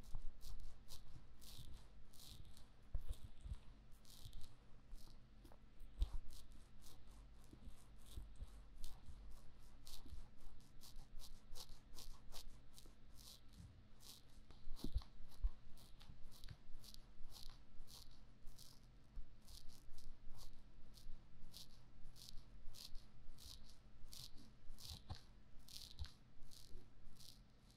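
Sticky aloe gel is worked over the ears in a massage, giving a constant stream of wet, crackling squelches and smacks. The sounds come in quick, irregular bursts with a bright, crisp edge throughout, over a faint low hum that holds steady underneath.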